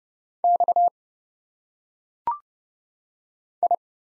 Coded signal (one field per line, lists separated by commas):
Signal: Morse code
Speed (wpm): 30 wpm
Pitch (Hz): 700 Hz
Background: none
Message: X I